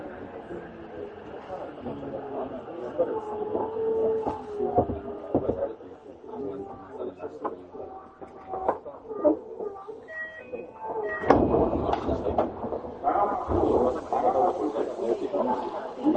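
A Tokyo Metro 7000 series train running between Shin-kiba and Nerima, its motor whine gliding up and down through the first half over a low, steady rumble. Later, short stepped tones and voice-like sounds appear, with louder rushing bursts near 11 and 13 seconds.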